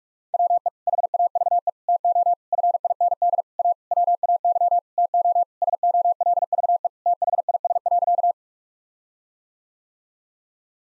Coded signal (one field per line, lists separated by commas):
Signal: Morse code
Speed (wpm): 42 wpm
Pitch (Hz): 700 Hz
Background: none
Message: WE HAVE TO FIND A WAY TO SOLVE THIS.